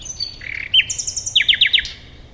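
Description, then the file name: Common nightingale delivering a varied phrase: high thin whistles, a rapid glittering high trill, then four strong downslurred notes repeated evenly. "Luscinia megarhynchos"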